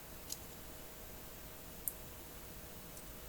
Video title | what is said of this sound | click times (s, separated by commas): Leatherman Wave - Part 1 | next up we have a jewelers or a precision screwdriver again you hear the click | 1.9 s